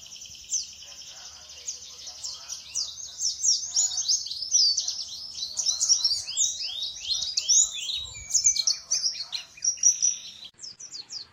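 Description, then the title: White-eye song, a dense, continuous high chatter of rapid twittering and downslurred notes, rolling on for about ten seconds without a break. Song style given the local names ngalas and ngeroll. "Kumpulan Pleci Ngalas Ngeroll"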